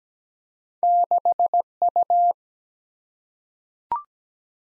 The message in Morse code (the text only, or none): 6U